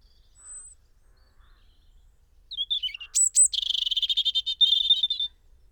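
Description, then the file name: European robin song: a thin high whistle, a pause, then a rushed phrase of sharp notes and a fast rattling trill, ending in a wavering twitter. "Erithacus rubecula"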